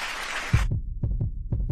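Fast, regular lub-dub heartbeat near 120 beats a minute, a produced effect following a burst of hiss, given as a woman's racing heart when asked whether she will be able to maintain her standard of living when she retires.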